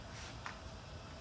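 The detachable seat of a Merits P120 folding travel power chair is lined up between the two notches on the frame and pushed down onto the seat post. A short, sharp click sounds at 0.5 s over a steady low background hiss. The seat latches onto its mount.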